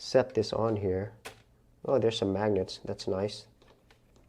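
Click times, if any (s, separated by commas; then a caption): 3.6 s, 3.9 s, 4.2 s. Someone talks while a plastic screen bezel, the frame for the webcam and microphone, is set onto the display lid of a Framework laptop, where magnets pull it into place. Near the end, its clips snap in with three small, quiet clicks at 3.6, 3.9 and 4.2 seconds, and the bezel is seated.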